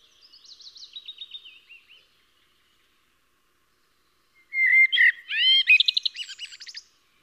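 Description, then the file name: Eurasian blackbird: a soft high twitter, then after a pause a loud fluted phrase of slurred whistles breaks into a fast, rattling high trill. "Koltrast"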